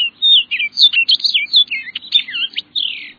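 Orchard oriole song: a lively run of clear whistles and chattering slurred notes, tumbling up and down quickly, ending with a longer downward slur.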